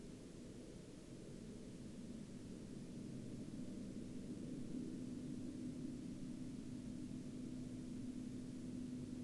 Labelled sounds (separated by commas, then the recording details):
aircraft
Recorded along the Dempster Highway, Canada, on 22 October 2020 at 14:40
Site 12